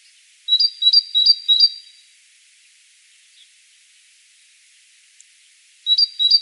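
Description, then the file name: Great tit song: a bright two-note whistled phrase, low then higher, repeated four times in quick succession, then silence for about four seconds before the phrase begins again. "Parus major"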